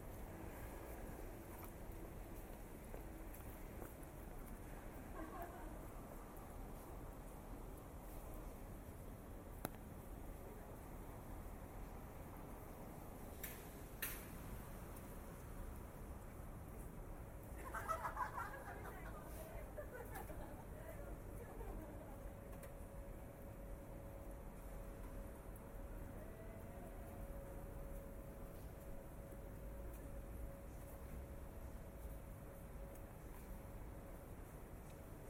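A walk through the streets of Tokyo, with a steady low rumble of traffic and street noise throughout. Around 14 and 18 seconds there are brief clatters and a burst of voices, followed by a long, thin tone that holds steady from about 22 seconds to the end.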